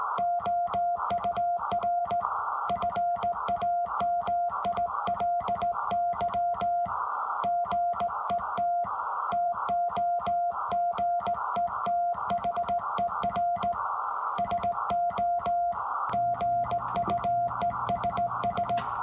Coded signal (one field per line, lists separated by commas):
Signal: Morse code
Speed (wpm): 17 wpm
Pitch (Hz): 700 Hz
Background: music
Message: OUR FAMILY GET TOGETHER SO GUESS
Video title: Amateur radio contact - Morse code with captions. Ten-Tec 506 Rebel